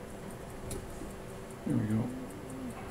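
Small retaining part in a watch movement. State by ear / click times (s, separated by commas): released / 0.7 s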